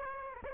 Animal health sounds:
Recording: mosquito wingbeat signal from an infrared sensor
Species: Aedes aegypti

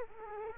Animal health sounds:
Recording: mosquito wingbeat signal from an infrared sensor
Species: Culex quinquefasciatus

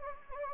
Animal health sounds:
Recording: mosquito wingbeat signal from an infrared sensor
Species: Anopheles gambiae

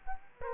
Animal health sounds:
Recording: mosquito wingbeat signal from an infrared sensor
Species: Culex quinquefasciatus

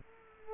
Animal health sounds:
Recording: mosquito wingbeat signal from an infrared sensor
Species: Culex quinquefasciatus

